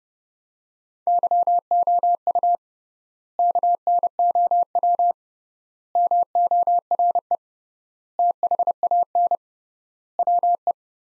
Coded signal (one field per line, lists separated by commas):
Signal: Morse code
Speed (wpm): 30 wpm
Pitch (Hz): 700 Hz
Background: none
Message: YOU KNOW MORE THAN WE